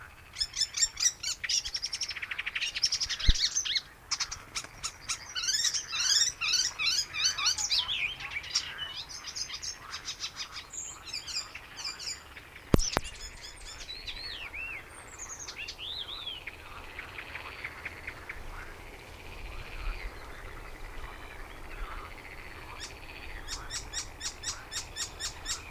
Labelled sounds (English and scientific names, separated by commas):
Icterine Warbler (Hippolais icterina)